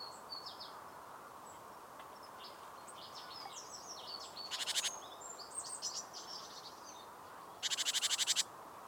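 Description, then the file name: Great tit harsh rattle call: a short pulsed burst, then a longer rapid churr near the end, with assorted high twittering notes from small birds before it. "Parus major"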